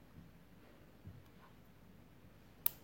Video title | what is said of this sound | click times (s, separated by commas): Ecran Noir sur Samsung Galaxy 10' SM T580 | là les clips ce qu'il faut entendre le petit bruit | 2.7 s